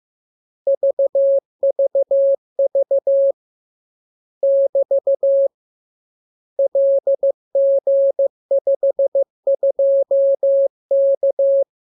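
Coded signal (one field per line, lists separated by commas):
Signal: Morse code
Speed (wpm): 15 wpm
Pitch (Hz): 550 Hz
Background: none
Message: VVV <BT> LG52K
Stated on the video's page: Morse lesson 33: characters sounded first, then a radiogram opening with VVV and =, ending with AR.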